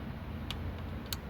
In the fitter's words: That was a click.